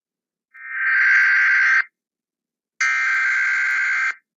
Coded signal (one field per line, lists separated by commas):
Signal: Emergency Alert System (SAME) tones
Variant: header bursts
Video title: EAS Scenario : Demon Uponus